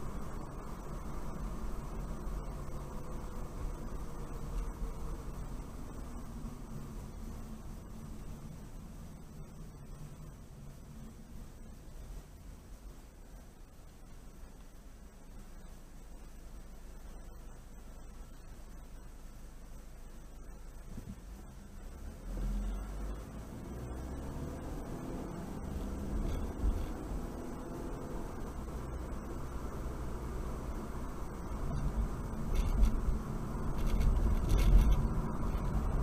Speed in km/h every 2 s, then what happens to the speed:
40, 35, 32, 24, 18, 13, 3, 0, 0, 0, 0, 0, 18, 31, 35, 40, 40, 42.
0-13 slows to 0. 13-22 standing. 22-36 pulls away to 42.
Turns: none.